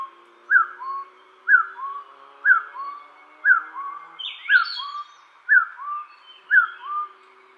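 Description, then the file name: Taiwan partridge calling a clear two-part whistled note, a falling slur then a lower rising note, repeated about once a second; a brief higher sweeping sound midway. "台灣山鷓鴣"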